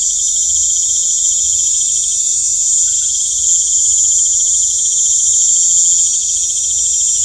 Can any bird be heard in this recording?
no